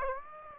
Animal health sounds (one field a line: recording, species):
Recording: mosquito wingbeat signal from an infrared sensor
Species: Aedes aegypti